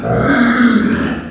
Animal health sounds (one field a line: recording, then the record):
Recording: squeal of a Yucatan mini pig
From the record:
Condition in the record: after surgery on the right vocal fold (resection and tissue-engineered implant)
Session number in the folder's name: 7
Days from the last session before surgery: 47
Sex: female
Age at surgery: 19 weeks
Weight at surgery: 25 kg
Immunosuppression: prednisolone